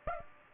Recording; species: mosquito wingbeat signal from an infrared sensor; Aedes aegypti